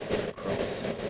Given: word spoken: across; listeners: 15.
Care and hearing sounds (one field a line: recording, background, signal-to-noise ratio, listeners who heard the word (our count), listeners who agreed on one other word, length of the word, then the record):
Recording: one English word in noise, from a listening test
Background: noise modulated by three-talker babble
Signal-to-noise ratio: -7.7 dB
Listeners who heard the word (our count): 4 of 15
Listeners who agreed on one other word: 9 of 15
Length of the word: 0.70 s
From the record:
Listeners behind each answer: 9, 4, 1, 1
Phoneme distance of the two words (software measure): 7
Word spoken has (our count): 2 syllables, 5 phonemes, stress on syllable 2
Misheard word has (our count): 1 syllable, 4 phonemes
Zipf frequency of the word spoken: 5.49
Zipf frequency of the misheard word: 4.94